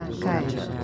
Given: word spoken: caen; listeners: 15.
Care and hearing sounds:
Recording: one Spanish word in noise, from a listening test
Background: eight-talker babble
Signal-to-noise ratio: -1.5 dB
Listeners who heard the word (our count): 1 of 15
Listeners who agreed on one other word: 6 of 15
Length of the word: 0.44 s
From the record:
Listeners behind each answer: 6, 3, 1, 1, 1, 1, 1, 1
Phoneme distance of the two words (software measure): 7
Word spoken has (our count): 2 syllables, 4 phonemes, stress on syllable 1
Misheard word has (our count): 2 syllables, 3 phonemes, stress on syllable 1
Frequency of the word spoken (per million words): 13.15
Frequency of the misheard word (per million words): 31.67

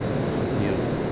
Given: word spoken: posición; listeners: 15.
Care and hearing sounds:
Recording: one Spanish word in noise, from a listening test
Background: speech-shaped noise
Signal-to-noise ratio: -6.4 dB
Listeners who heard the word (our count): 0 of 15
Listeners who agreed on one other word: 7 of 15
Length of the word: 0.72 s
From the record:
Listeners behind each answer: 7, 1, 1, 1, 1, 1, 1, 1, 1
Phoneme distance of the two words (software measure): 31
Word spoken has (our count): 3 syllables, 8 phonemes, stress on syllable 3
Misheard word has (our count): 2 syllables, 7 phonemes, stress on syllable 2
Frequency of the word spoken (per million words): 138.75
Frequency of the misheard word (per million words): 1.57

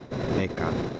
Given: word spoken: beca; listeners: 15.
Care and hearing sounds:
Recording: one Spanish word in noise, from a listening test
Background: noise modulated by three-talker babble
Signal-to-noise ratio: -3.4 dB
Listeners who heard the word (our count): 3 of 15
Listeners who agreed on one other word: 7 of 15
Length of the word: 0.60 s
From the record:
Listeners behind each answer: 7, 3, 3, 1, 1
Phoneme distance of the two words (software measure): 10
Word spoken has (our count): 2 syllables, 4 phonemes, stress on syllable 1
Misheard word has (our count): 2 syllables, 4 phonemes, stress on syllable 1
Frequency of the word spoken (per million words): 5.60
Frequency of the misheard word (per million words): 1.23

